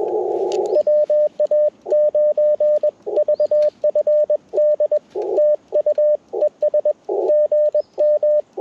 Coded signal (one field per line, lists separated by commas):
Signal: Morse code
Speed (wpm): 21 wpm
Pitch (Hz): 600 Hz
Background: none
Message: WA9VFD TU ES GM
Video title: Set Up to Break Down, Full POTA Activation Process - 10/14/23 @ K-4451